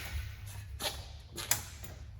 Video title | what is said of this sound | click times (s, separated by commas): 2026 INTECH SOL DUSK STK# 14077 | And then making sure that it is locked into place properly like so. | 1.5 s